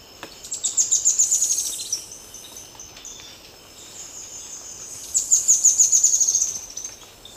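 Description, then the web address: Red-faced spinetail delivering two short, very high, rapid trills a few seconds apart over a faint hiss. Ecuador. "Birds of Ecuador. Red-faced Spinetail"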